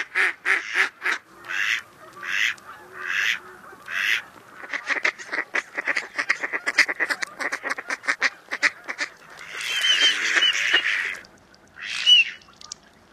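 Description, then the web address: Mallard quacks in a rapid, varied series, some short and clipped, others longer and harsher, running together in bursts with a few raspy drawn-out notes near the end. "Songs of Birds of North America Stokes. Mallard"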